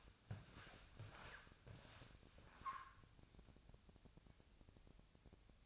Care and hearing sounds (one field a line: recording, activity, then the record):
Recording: daily activity, microphone in the room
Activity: walk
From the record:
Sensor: 2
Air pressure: 1000.3 hPa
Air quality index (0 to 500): 162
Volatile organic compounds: 3 ppm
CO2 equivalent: 1352 ppm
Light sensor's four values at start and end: 15/38/15/17 and 14/38/15/17